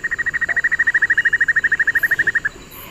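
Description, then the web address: White-necked puffbird duet: a loud, fast, even run of clipped whistled notes lasting about two and a half seconds, then ending. Duet, recorded in the eastern lowlands of South America. "Natures Songs S America Eastern Lowlands 202-01 Notharchus hyperrhynchus, duet"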